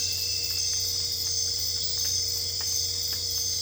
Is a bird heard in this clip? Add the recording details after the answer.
no. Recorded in dense forest near Puerto Asís, Putumayo, Colombia, on 22 December 2024 at 23:00. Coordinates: 0.485, -76.318. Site GP03